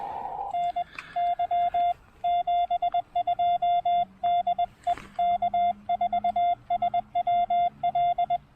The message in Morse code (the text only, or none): NY 72 DE K4SWL